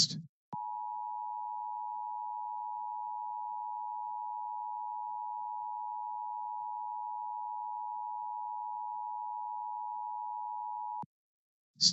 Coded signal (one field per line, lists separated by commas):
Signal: Emergency Alert System (SAME) tones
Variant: 853 and 960 Hz attention tone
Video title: LIVE AM/MW DX: DX Central Live - S. 3, Ep. 19 | Friday, March 4, 2023